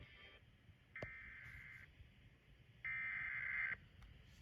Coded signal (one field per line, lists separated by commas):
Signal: Emergency Alert System (SAME) tones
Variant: header bursts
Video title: Scholastic Storms II: Midnight Nightmare (EAS Alerts from 4/1/23) EAS #42-#51